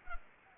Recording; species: mosquito wingbeat signal from an infrared sensor; Culex pipiens